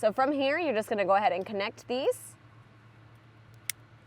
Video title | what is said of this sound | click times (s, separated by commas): F-150 Tow Mirror UPGRADE: Get Missing Factory Features | Just like that, you heard a click. | 3.7 s